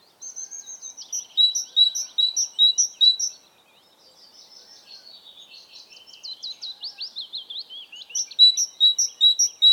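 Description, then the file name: Great tit repeating a ringing two-note phrase, then a long stretch of softer scratchy twittering, then the two-note phrase again. "Parus major"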